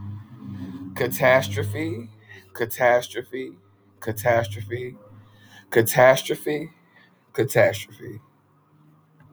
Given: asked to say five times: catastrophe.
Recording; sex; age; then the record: repeated word; male; 30 to 39 years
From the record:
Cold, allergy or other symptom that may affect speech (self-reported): no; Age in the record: 36 years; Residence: California, United States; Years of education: 14